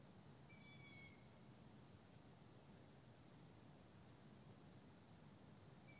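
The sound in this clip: Owl giving a high, thin whistled call, with a second call cut off at the very end, over steady low hiss.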